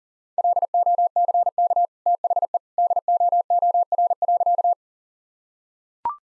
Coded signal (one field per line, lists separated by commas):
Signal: Morse code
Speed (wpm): 40 wpm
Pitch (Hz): 700 Hz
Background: none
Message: LOCK THE DOOR.